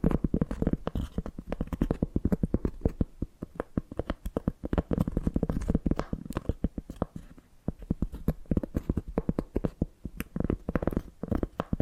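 Tapping and scratching come in rapid, dense, irregular bursts of sharp clicks over a low, muffled thump, with brief lulls near four and eight seconds.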